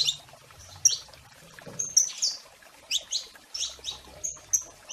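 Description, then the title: Domestic canary giving high chirping notes and short whistles in uneven bursts, with a faint low hum underneath. "Kenari Portugis"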